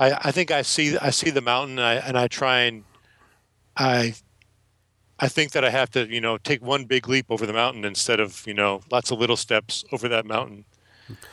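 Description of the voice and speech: An adult man speaks at a moderate pace, then stalls with two silent gaps of about a second around a hard glottal restart on "I… I think" before continuing fluently. These blocks with repeated word onsets are stuttering in an adult who stutters, in Portland, Oregon.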